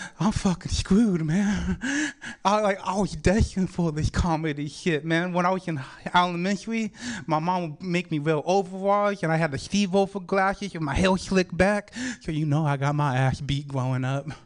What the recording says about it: I'm a fat guy with a speech impediment. Some people say I sound like Mike Tyson.